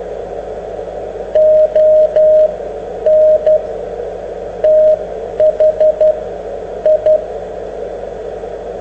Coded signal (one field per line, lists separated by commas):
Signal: Morse code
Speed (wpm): 12 wpm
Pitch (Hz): 620 Hz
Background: radio noise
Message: ON THI